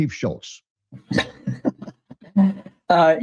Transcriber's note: laughs